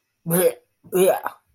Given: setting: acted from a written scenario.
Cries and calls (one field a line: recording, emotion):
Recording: vocal sound without words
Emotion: disgust